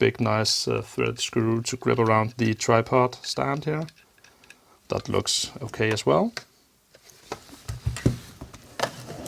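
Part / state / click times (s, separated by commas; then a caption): LED light panel bracket into its mount/holder / seated / 8.8 s. Someone talks as the mounting bracket of a Godox LEDP260C LED light panel is fitted onto its stand holder, followed by a few small ticks and handling knocks. The bracket clicks into place at 8.8 s with a sharp snap and is locked home.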